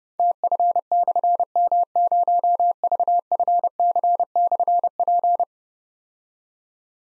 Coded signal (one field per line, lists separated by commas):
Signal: Morse code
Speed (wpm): 30 wpm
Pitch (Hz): 700 Hz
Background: none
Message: TF/M0VFC/P